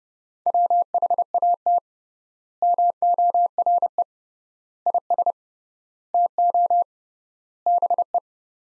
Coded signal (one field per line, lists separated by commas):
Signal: Morse code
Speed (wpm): 30 wpm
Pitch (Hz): 700 Hz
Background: none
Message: WHAT MORE IS TO BE